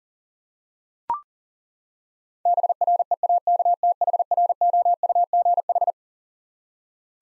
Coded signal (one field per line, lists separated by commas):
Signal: Morse code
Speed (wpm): 40 wpm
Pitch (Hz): 700 Hz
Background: none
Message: BREAKTHROUGH